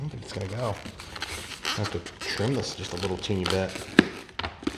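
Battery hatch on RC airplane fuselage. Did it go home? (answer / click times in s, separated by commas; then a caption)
partly / 4.4 s. Someone talks while a battery hatch, trimmed slightly, is pressed onto the foam fuselage of a HobbyZone AeroScout 1.1m RC airplane, with light crinkling handling noise. A sharp snap sounds at 4.4 s, with smaller ticks around it. The hatch goes on but is not fully seated.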